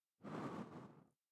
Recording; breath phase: one breath near a microphone; exhalation